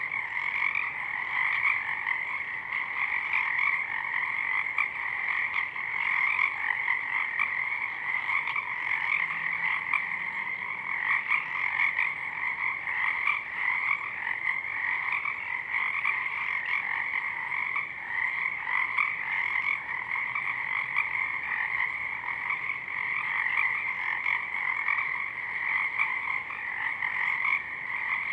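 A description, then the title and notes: A dense chorus of Pacific chorus frogs calls at dusk, many voices overlapping into a continuous, pulsing wall of bright, raspy croaks. The sound holds steady and full for the whole stretch, with no pauses, and a faint low rumble sits underneath. Pacific Chorus Frogs (Pseudacris regilla), dusk, Down-mix stereo. Downmixed from a double-mid-side recording. The Pacific Chorus Frogs are out in full-bloom already.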